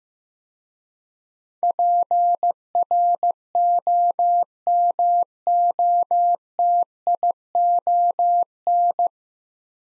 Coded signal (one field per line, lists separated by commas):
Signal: Morse code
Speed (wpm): 15 wpm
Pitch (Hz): 700 Hz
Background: none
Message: PROMOTION